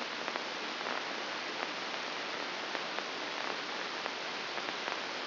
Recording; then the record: brain microelectrode recording played as sound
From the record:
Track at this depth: outside the subthalamic nucleus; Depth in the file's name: 6.661 mm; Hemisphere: left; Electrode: 2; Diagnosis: Parkinson's disease